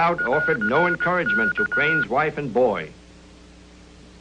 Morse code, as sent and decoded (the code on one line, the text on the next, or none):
.-.-. -.-
<AR>K